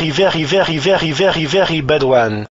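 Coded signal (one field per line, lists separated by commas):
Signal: none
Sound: cartoon sound effect beeps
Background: speech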